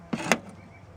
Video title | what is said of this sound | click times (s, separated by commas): DIY: How to replace a brake/tail light | give it a twist, you'll hear it click into place, | 0.3 s